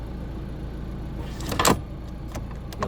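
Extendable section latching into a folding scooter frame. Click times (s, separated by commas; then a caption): 2.7 s, 2.8 s. After a rotating release, an extendable section of a Honda Motocompacto folding electric scooter is pulled out of the frame, with a burst of handling and sliding noise around 1.4–1.7 s. It latches with clicks at 2.7 s and 2.8 s, locking into place.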